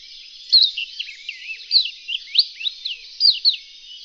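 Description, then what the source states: Reunion olive white-eye song: a quick run of clear, high slurred chirps and looping notes. Song (kicau).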